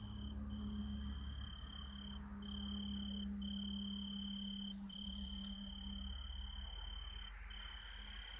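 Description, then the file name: Italian tree cricket song: long even trills interrupted by short gaps, with a low steady drone in the background for much of the recording. "Oecanthus pellucens Radzikowski Pawel"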